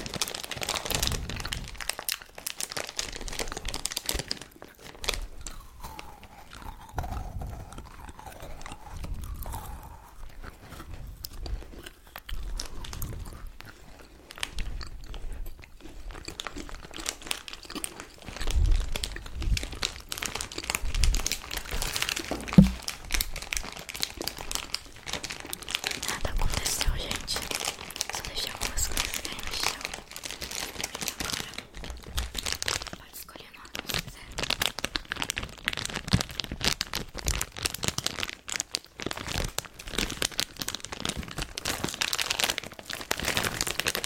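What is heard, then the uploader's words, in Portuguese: Dense crinkling of candy wrappers and crunchy chewing, continuous and busy, with brief wet mouth sounds throughout. ASMR comendo doces, chocolates e balas, com muitos sons de boca e mastigação. CANDY EATING SOUNDS.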